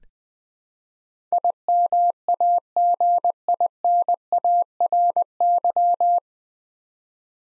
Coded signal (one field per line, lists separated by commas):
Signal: Morse code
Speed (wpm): 20 wpm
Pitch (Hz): 700 Hz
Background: none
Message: IMAGINARY